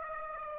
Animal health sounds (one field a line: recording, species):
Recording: mosquito wingbeat signal from an infrared sensor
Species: Aedes aegypti